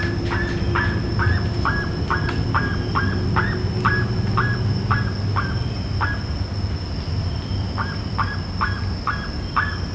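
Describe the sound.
Bird repeating a hooked, clear note roughly twice a second, pausing briefly before resuming, above a continuous low droning hum.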